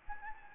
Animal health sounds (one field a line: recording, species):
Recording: mosquito wingbeat signal from an infrared sensor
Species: Anopheles gambiae